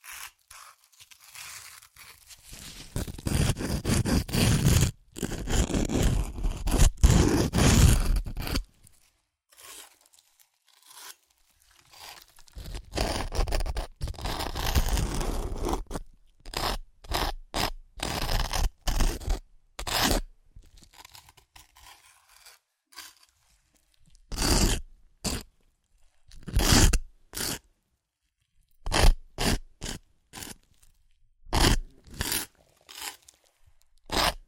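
Crunchy chips are crushed and eaten, with a dense, loud stretch of crackling from about 3 to 8 seconds and again around 13 to 16 seconds. After that come short, sharp crunches and bites, separated by silent gaps and recurring every second or so until the end.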